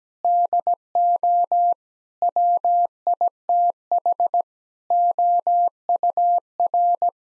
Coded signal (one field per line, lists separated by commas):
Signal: Morse code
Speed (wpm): 17 wpm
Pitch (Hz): 700 Hz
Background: none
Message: DO WITH OUR